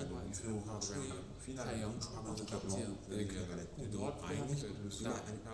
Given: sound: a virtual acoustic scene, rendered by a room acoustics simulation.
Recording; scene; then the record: noise of the scene; underground station, no trains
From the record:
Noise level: 70 dB SPL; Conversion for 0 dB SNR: 0.7 dB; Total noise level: 70.7 dB SPL